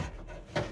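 The new igniter's wiring connector on an LG oven, being replaced to fix a no-heat F11 code error, is pushed onto its mating harness plug. After a faint low rustling, one sharp click sounds at 0.6 s as the connector snaps into place and seats with a good connection.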